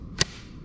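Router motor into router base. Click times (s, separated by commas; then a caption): 0.2 s. A router motor is slid down into its router table base with its grooves lined up on two pins. The two tabs on the bottom click into place with a single sharp snap at 0.2 s over a quiet low background. The motor is seated in the base.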